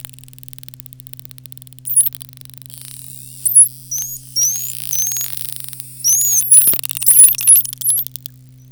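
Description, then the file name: Pygmy killer whale whistles: sharp upsweeping and looping high whistles with clicking bursts, starting at about two seconds and growing busier after six seconds, over a steady low mechanical hum. Passive acoustic monitoring on 19 November 2015 at 00:48:30. "PKW PAM 20151119 004830"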